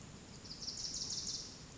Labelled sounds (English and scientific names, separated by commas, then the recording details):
Wilson's Warbler (Cardellina pusilla)
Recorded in Sonoma County, California